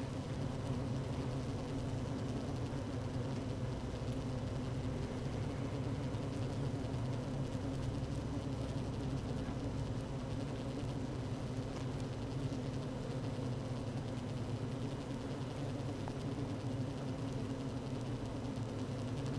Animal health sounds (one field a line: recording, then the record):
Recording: honeybee colony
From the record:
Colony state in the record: active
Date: 12 June 2018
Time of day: 15:42